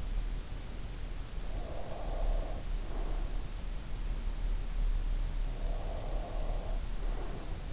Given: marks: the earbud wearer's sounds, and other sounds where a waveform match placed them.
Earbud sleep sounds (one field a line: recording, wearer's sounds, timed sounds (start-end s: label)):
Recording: sounds in sleep by an in-ear microphone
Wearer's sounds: breath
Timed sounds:
1.43-3.48 s: breath
5.46-7.73 s: breath